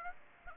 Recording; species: mosquito wingbeat signal from an infrared sensor; Aedes aegypti